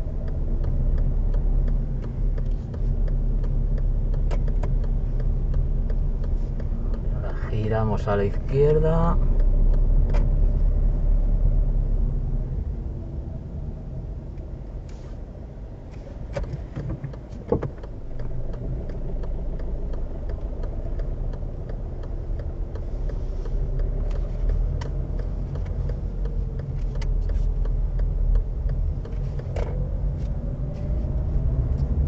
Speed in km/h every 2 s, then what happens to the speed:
15, 18, 17, 15, 14, 18, 10, 5, 1, 0, 9, 9, 11, 11, 11, 15.
0-11 steady at about 15. 11-15 brakes to 1. 15-19 standing. 19-32 pulls away to 15.